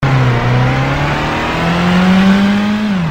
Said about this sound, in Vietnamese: Có tiếng máy xe nổ, thì ra địch lái xe tẩu thoát.